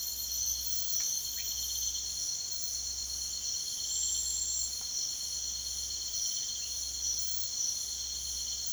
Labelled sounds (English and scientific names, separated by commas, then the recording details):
none
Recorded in secondary vegetation near Puerto Asís, Putumayo, Colombia, on 22 June 2025
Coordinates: 0.488, -76.319
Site G094